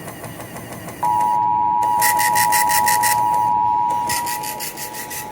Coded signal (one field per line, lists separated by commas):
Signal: Emergency Alert System (SAME) tones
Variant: 853 and 960 Hz attention tone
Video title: One final push for the Summer. || EAS Alerts from August 30-31, 2024 (EAS #3,031-3,060)